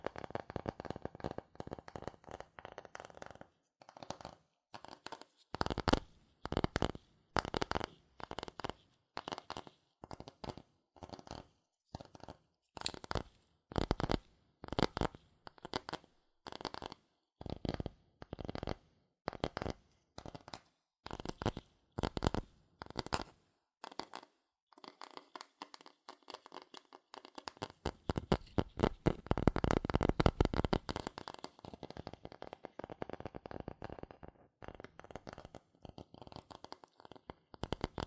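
Fast tapping and scratching on cardboard and paper, a run of short, sharp, bright strikes coming in quick bursts of uneven rhythm. Around the twenty-fifth second the pattern shifts into a denser, rougher stretch of rapid scratching before the taps pick up again.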